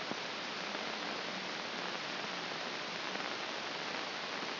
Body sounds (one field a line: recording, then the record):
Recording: brain microelectrode recording played as sound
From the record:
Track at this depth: inside the subthalamic nucleus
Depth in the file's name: 2.534 mm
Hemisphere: left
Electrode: 2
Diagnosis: Parkinson's disease